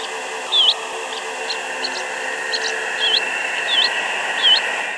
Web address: swallows